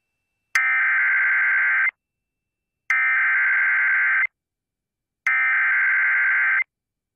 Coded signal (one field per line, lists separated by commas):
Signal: Emergency Alert System (SAME) tones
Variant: header bursts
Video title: One Alert, Three Stations | EAS Alerts from 5/29/2022 (EAS #2040-2045)